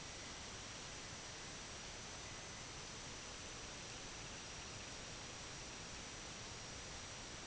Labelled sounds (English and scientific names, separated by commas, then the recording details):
Semipalmated Sandpiper (Calidris pusilla)
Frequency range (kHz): Semipalmated Sandpiper (Calidris pusilla) 1.8-4.2 kHz
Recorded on Arctic tundra, site IGLO-D, on 17 June 2018
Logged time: 00:00